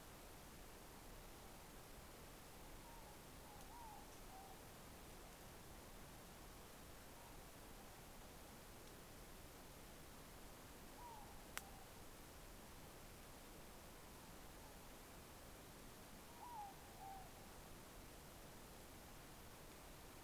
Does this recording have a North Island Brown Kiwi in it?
no